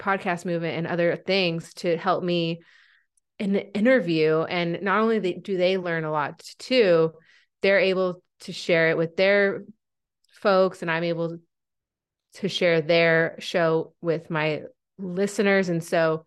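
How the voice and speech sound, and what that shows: An adult woman who stutters, and has had speech therapy since a young age, talks in connected conversational speech broken by prolonged sounds on words like "the", "interview" and "show", with mid-phrase pauses. These prolongations and hesitations fit mild stuttering, on a day when she is stuttering a lot.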